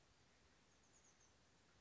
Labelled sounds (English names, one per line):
Oak Titmouse